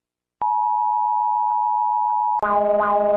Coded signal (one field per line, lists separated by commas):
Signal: Emergency Alert System (SAME) tones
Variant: 853 and 960 Hz attention tone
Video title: EAS Alarms in different countries (Unfinished)